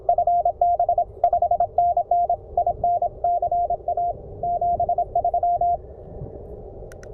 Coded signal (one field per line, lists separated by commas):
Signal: Morse code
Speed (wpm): 27 wpm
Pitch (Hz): 700 Hz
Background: none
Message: FB 5NN IN CA 73